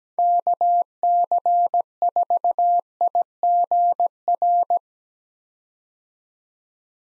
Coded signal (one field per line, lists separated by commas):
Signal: Morse code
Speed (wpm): 17 wpm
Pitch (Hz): 700 Hz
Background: none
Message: KC4IGR